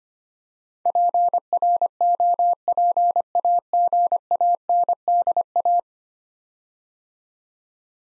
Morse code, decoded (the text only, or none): PROPAGANDA